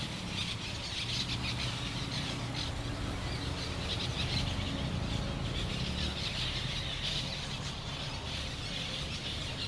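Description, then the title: Parrots keep up a noisy chattering chorus of harsh squawks, while a low rumbling hum runs underneath. Parrots in Crespo at sunset. "Loros En Crespo"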